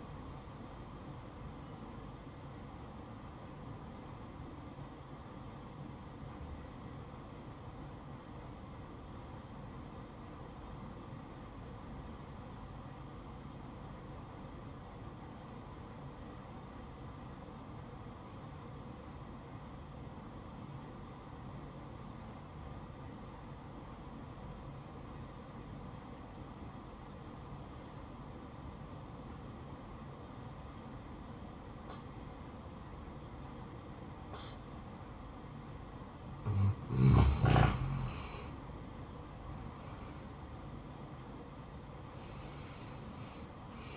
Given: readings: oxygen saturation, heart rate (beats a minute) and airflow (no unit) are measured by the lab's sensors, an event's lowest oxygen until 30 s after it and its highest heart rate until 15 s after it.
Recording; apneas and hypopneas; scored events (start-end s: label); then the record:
breathing in sleep by a smartphone at the bedside; 1
5.00-38.90 s: obstructive apnea (N1, oxygen 96% highest, then 85% lowest, heart rate 65 at the start, 81 highest)
From the record:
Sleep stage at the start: N1 (lightest sleep); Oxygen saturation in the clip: 85 to 96%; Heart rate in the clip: 61 to 69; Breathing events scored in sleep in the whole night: 573 in 9.8 hours asleep